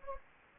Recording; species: mosquito wingbeat signal from an infrared sensor; Anopheles gambiae